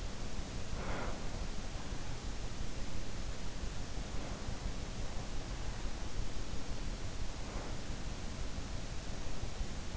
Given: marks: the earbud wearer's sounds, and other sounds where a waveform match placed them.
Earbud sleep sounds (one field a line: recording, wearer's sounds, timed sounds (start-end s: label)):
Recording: sounds in sleep by an in-ear microphone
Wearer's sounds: breath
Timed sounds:
0.00-2.82 s: breath